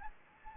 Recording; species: mosquito wingbeat signal from an infrared sensor; Anopheles gambiae